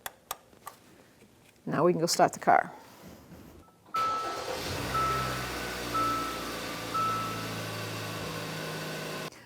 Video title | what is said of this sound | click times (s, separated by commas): How to Change Engine Oil 2013-2018 Hyundai Santa Fe | turn that clockwise you're going to hear it click | 0.1 s, 0.3 s